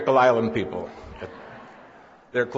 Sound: laughter